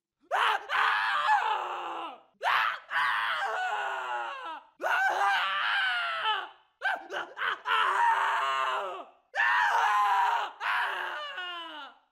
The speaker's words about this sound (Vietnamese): Sau lưng tôi lúc ấy chỉ còn có tiếng gào thét của bố tôi mà thôi.